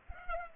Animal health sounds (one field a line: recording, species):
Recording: mosquito wingbeat signal from an infrared sensor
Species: Culex pipiens